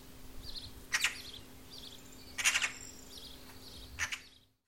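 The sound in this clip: Bird calls: short scratchy rasps about every one and a half seconds, with faint high chirps between them and a low hum.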